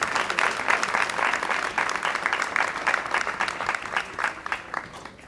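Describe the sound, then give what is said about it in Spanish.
An audience at the Noches del Apagón commemoration event applauds steadily, many hands clapping in a dense, crackling wash that holds fairly even for several seconds before easing slightly at the end. “Para todos ustedes un aplauso enorme, gracias por estar, gracias por acompañar, y que la lucha sigue.”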